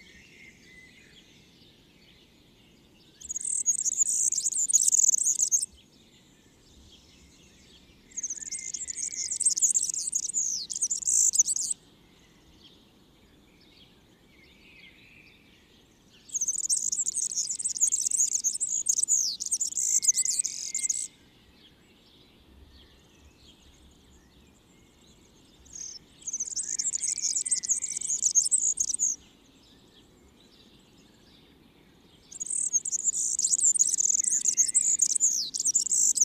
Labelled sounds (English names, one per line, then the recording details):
Marsh Warbler song
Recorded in the wild
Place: Kaiserslautern, Rheinland-Pfalz, DE
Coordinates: 49.4806, 7.71167
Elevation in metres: 231
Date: 1973-06-12
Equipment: Nagra IV, Sennheiser MKH 405, Parabolreflektor
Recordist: Tretzel, Erwin